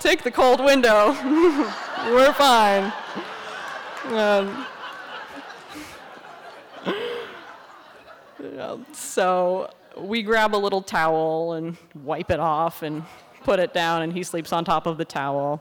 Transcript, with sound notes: I’ll take the cold window!” [laughter] “We’re fine!” [laughter] So we grab a little towel, and wipe it off, and put it down, and he sleeps on top of the towel.